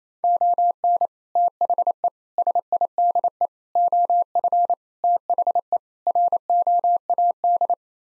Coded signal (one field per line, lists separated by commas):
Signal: Morse code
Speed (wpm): 27 wpm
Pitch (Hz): 700 Hz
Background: none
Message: ON THE SIDE OF THE ROAD